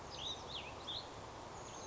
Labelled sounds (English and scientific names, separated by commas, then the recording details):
Cassin's Vireo (Vireo cassinii)
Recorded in Sonoma County, California